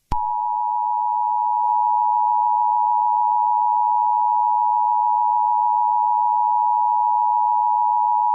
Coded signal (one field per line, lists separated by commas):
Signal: Emergency Alert System (SAME) tones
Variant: 853 and 960 Hz attention tone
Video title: VeggieTales.EXE | An EAS Scenario